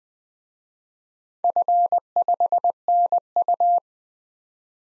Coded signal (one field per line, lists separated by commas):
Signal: Morse code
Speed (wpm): 20 wpm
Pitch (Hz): 700 Hz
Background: none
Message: F5NU